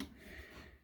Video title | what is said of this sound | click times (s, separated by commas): Changing buffer tube/stock on freedom ordnance FX-9 | and it clicks in place. | 0.0 s